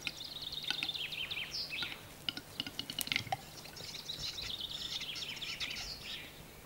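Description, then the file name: Western capercaillie display with scratchy, wheezing whetting phrases, scattered clicks and a sharp pop around three seconds. Display (lekking song, Hungarian 'dürgés') recorded in the Czech Republic. "Siketfajd dürgés Csehországból"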